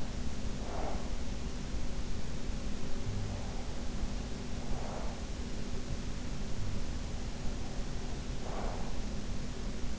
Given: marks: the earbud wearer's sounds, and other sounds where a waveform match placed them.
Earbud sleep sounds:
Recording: sounds in sleep by an in-ear microphone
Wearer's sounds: breath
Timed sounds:
0.00-1.60 s: breath

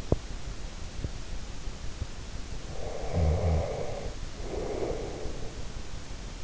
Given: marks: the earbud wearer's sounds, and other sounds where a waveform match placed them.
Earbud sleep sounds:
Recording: sounds in sleep by an in-ear microphone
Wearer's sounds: teeth grinding, snoring breath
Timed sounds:
0.00-0.30 s: teeth grinding
2.61-5.97 s: snoring breath

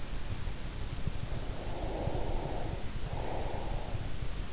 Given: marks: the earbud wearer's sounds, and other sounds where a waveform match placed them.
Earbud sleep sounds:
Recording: sounds in sleep by an in-ear microphone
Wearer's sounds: breath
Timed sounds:
1.26-4.10 s: breath

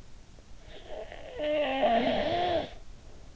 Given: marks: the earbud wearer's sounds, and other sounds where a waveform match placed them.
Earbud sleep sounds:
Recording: sounds in sleep by an in-ear microphone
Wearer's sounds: snoring breath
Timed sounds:
0.61-3.18 s: snoring breath

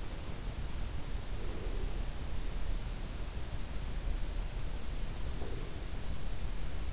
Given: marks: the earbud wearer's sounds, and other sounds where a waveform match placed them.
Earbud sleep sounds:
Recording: sounds in sleep by an in-ear microphone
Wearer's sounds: breath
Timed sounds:
1.37-2.00 s: breath
5.23-5.89 s: breath

